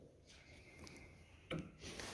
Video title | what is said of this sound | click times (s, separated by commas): Walker Turner Radial Drill | and that basically pops right in there | 1.5 s